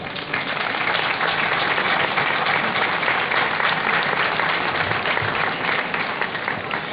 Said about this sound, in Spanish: Por otro lado, como no, el Consorcio EDER y el Gobierno de Navarra. Así que para ellos nuestro primer aplauso.